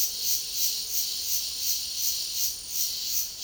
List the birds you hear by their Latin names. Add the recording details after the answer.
none. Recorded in secondary vegetation near Puerto Asís, Putumayo, Colombia, on 20 February 2024 at 12:30. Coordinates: 0.489, -76.322. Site G6419